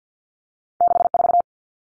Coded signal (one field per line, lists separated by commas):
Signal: Morse code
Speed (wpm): 48 wpm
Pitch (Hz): 700 Hz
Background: none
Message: 64